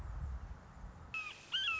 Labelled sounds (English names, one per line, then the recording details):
Red-shouldered Hawk
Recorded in Sonoma County, California